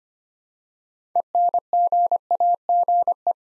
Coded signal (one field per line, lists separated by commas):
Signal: Morse code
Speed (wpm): 25 wpm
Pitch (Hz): 700 Hz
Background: none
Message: ENGAGE